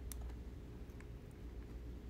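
After the wire is twisted, the plastic cap of a tap-in wire connector is pushed firmly back into its body on a car wire harness. It gives a sharp click at 0.1 s as it seats, followed by a fainter tick at 1.0 s over a steady low hum. The cap clicks home and is seated.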